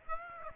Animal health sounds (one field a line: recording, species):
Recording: mosquito wingbeat signal from an infrared sensor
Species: Aedes aegypti